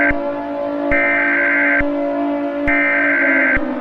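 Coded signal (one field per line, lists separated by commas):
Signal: Emergency Alert System (SAME) tones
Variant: header bursts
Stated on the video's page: Fictional scenario, not a real alert.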